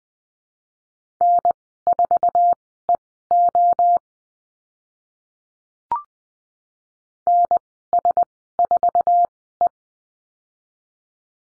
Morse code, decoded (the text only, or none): N4EO NS4E